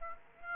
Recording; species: mosquito wingbeat signal from an infrared sensor; Aedes aegypti